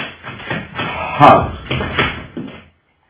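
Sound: door being closed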